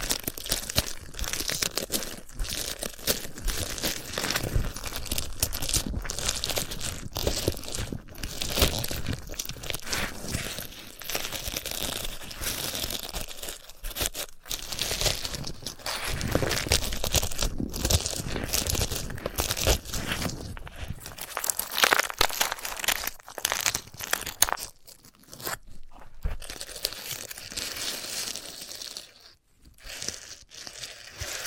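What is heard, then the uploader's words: Dense crunching and crinkling from handling a sunflower head, with rapid, irregular crackles and tearing sounds running almost continuously. The texture is bright and scratchy. Brief gaps come around 25 and 29 seconds before the crackling resumes. ASMR of a Sunflower Head (No Talking).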